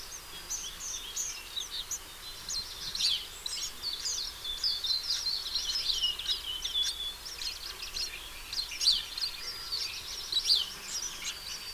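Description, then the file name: House sparrow calls, a dense run of quick chirping notes almost continuously, with faint background noise. "Passer domesticus"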